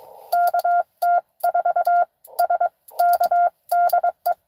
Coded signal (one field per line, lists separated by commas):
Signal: Morse code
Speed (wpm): 22 wpm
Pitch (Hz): 700 Hz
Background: none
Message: KT4SK DE